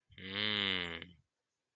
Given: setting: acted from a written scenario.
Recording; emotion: vocal sound without words; desire